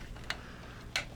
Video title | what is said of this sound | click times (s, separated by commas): Cooler Master Masterbox Q300L Build guide for 2019, Ryzen 5 2400, B450m ds3h, XFX 580 8gb | stop down when you hear the click it's good and tight got hooked up here | 0.3 s, 1.0 s